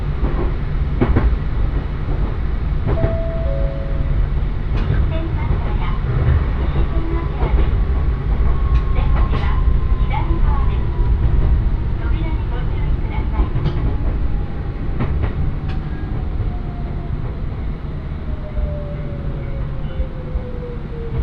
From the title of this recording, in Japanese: 鉄道旅 汐見橋→岸里玉出→なんば→大物